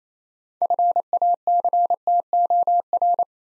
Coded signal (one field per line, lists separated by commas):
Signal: Morse code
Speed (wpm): 28 wpm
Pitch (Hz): 700 Hz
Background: none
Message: FACTOR